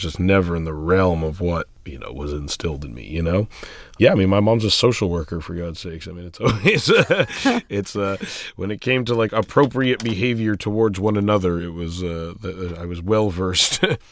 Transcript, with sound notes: I was just never in the realm of what, you know, what's instilled to me, you know? Yeah, I mean, my mom's a social worker, for God's sakes. (Soundbite of laughter) I mean, it's a - when it came to, like, appropriate behavior towards one another, it was - I was well-versed.